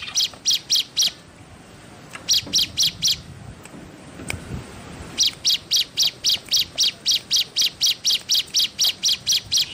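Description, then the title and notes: Spiderhunter calls: fast runs of sharp, high chips, about four a second, broken by a short quiet pause. Bird singing actively (gacor) with a clear, long song; cage-bird training song (masteran). "Pijantung Gunung Gacor Jernih Panjang. Masteran burung"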